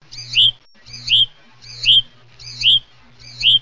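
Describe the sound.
Hutton's vireo giving a high, slurred note repeated five times at steady intervals of about three-quarters of a second, with a faint low hum underneath.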